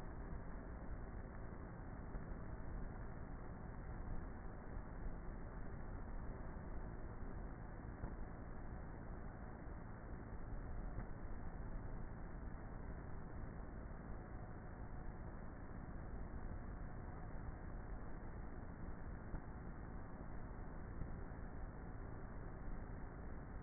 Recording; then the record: honeybee colony, microphone inside the hive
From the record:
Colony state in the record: queenless with a low population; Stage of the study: before two queens were removed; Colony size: about 30,000 bees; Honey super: no